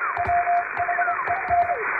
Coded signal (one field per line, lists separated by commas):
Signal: Morse code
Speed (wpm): 25 wpm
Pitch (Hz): 700 Hz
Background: music, radio noise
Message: WHEN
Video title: 【無線通信士】欧文ＣＷをエレキーＭＫ－７０６で叩いてみました。生身のモールス信号で受信練習をしてみませんか(training for radio operator)